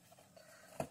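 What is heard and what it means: A small press-stud snap closes a rolled-up camp travel towel. After a quiet stretch of faint handling sounds, a single sharp snap is heard at 0.8 s as the fastener closes and seats.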